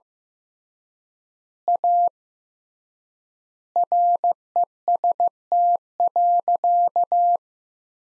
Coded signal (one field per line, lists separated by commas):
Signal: Morse code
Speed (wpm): 15 wpm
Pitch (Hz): 700 Hz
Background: none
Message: A REST.